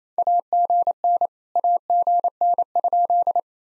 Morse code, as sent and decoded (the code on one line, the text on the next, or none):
.- --. -. / .- --. -. ..--..
AGN AGN?